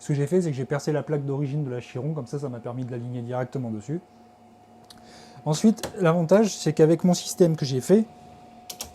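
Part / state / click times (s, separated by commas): bed-levelling probe onto the magnetic mount on the extruder carriage / seated / 8.7 s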